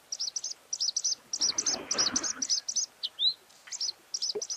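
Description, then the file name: Bluethroat song of paired, buzzy, high notes repeated in short bursts, interrupted briefly by a rustling noise and a single upslurred whistle. "gorge bleue"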